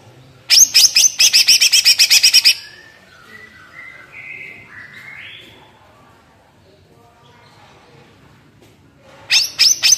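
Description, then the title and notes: Greater green leafbird song: a fast run of about a dozen loud harsh chirps lasting two seconds, then soft whistled notes, and a short chirp burst at the end. Lively, melodious singing intended as a master recording for training captive leafbirds; described as gacor, ngentrok, with raised crest (jambul nembak). "Cucak Ijo Gacor Ngentrok Jambul Nembak. suara burung cucak ijo gacor, merdu cocok buat masteran burung cucak ijo"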